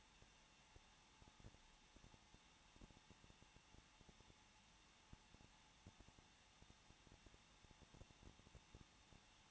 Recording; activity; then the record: daily activity, microphone in the room; no activity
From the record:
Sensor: 1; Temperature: 20.1 degrees Celsius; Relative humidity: 39.4%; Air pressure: 1006.4 hPa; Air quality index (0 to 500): 219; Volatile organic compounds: 81 ppm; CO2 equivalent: 3618 ppm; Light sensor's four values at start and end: 1/2/1/1 and 1/2/1/1